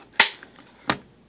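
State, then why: Seated. A steel AK74 magazine is rocked one-handed into the rifle's magazine well and snaps home, seating without a problem. The lock gives a loud, sharp metallic click at 0.2 s, followed by a faint tick near 0.4 s and a second, softer clack at 0.9 s.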